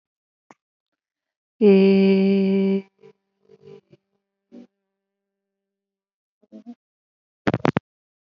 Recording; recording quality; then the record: sustained vowel as in made; excellent, no background noise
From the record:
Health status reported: healthy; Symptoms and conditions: cough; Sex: female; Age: 47 years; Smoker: not ticked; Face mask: not worn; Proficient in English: yes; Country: India